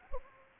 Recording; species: mosquito wingbeat signal from an infrared sensor; Culex pipiens